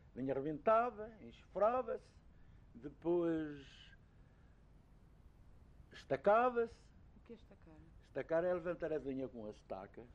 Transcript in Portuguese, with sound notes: a vinha rebentava, enxofrava-se. Depois, [pausa] estacava-se.
O que é estacar?
Estacar é levantar a vinha com as estacas.